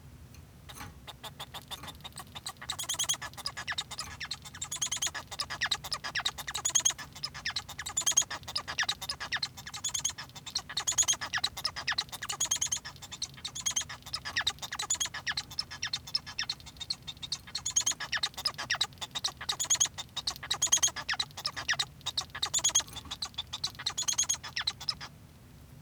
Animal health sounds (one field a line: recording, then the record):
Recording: song of a male Bengalese finch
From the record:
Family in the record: son of father 1